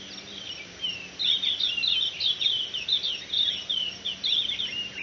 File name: Zosterops virens caniviridis, sang in lumierkoor, Moreletakloof NR, 2018-3-31 05 h 58